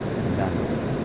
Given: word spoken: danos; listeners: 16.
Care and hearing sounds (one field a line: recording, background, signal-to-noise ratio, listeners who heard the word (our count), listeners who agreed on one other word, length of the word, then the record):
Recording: one Spanish word in noise, from a listening test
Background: speech-shaped noise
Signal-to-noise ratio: -4.9 dB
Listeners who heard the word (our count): 3 of 16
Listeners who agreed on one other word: 6 of 16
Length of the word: 0.65 s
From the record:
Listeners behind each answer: 6, 3, 2, 1, 1, 1, 1, 1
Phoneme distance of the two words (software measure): 10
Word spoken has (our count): 2 syllables, 5 phonemes, stress on syllable 1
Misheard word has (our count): 2 syllables, 5 phonemes, stress on syllable 1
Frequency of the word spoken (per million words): 0.48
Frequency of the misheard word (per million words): 11.35